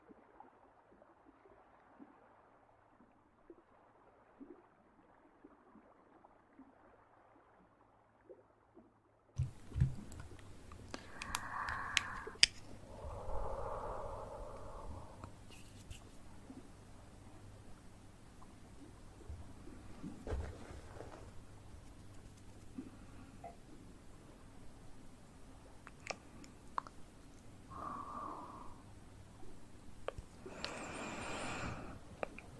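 Ear massage trigger sounds: the first nine seconds are soft, muffled rubbing. Then louder, brighter handling begins, with scratchy rustles, sharp taps and clicks, and a few smooth whooshing strokes around 12, 14 and 28 seconds, over a low steady hum.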